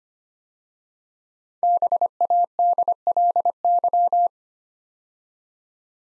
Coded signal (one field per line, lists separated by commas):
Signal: Morse code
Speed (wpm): 25 wpm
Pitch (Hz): 700 Hz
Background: none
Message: BADLY